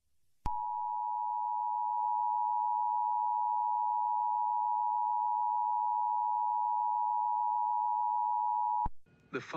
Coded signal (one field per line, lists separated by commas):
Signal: Emergency Alert System (SAME) tones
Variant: 853 and 960 Hz attention tone